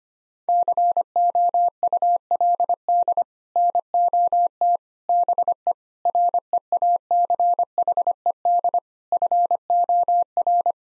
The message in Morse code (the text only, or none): COULD NOT BE REACHED FOR